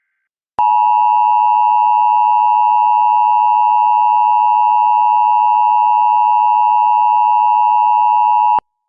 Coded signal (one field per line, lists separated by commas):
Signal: Emergency Alert System (SAME) tones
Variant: 853 and 960 Hz attention tone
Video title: The Emergency Alert System's National Periodic Test... [READ DESC]